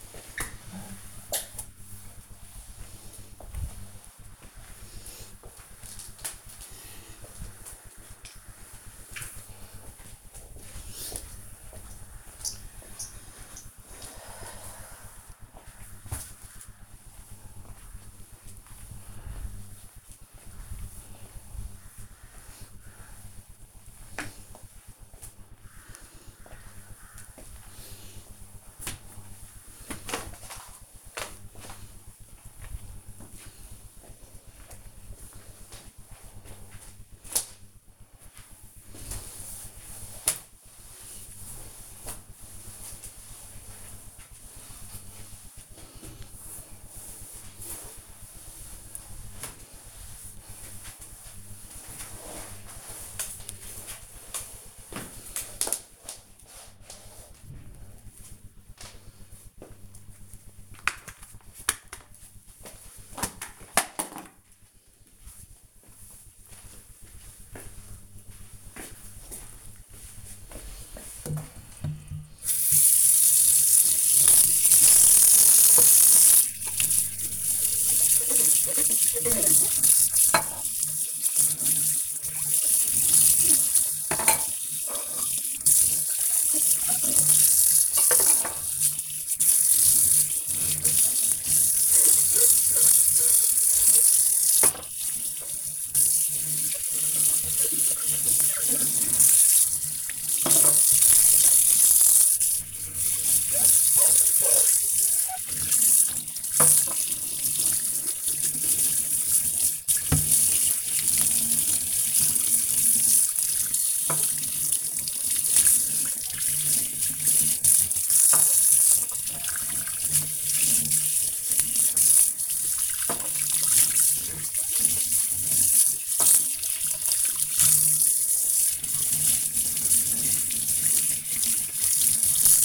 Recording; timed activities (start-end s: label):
household activities, microphone on the right wrist
0.00-58.21 s: floor cleaning
73.31-132.65 s: washing dishes